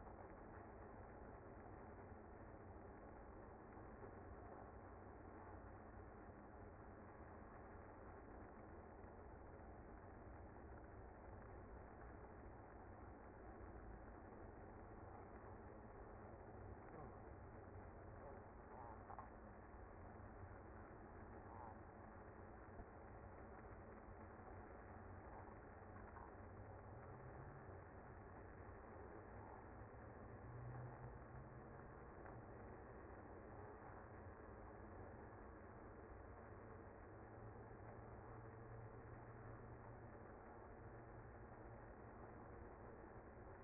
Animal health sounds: honeybee colony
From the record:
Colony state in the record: active

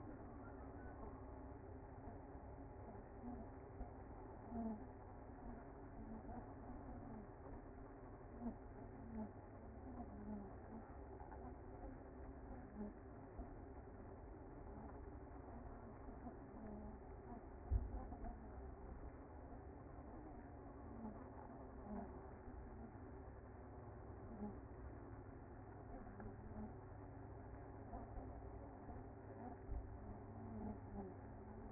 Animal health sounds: honeybee colony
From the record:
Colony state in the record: active

